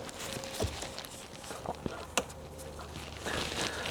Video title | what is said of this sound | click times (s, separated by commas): Blower Motor Stuck on High & Won't Shut Off!? HOW TO FIX a 03-09 Kodiak/Topkick (Part No. 12135104) | once you hear the click that means it's in | 2.2 s